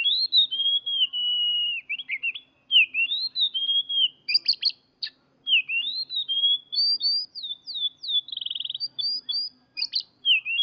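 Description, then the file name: Magpie-robin song: a rich, continuous run of high whistled phrases, slurred notes and fast buzzy trills, varied and nearly unbroken, in a quiet background. Song mixed with imitations of canary song. "kacer tembakan kenari"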